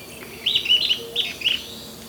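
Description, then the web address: Sooty-headed tyrannulet gives three quick high twittering phrases in about two seconds, clear over faint background hum. South America, Ecuador. "Natures Songs S America Birds of Ecuador 3 Sooty-Headed Tyrannulet"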